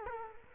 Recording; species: mosquito wingbeat signal from an infrared sensor; Culex quinquefasciatus